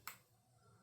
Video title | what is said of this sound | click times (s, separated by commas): Polo 67 EDT Garage Goons Review! | It does sort of click into place, but it's not a convincing click. | 0.1 s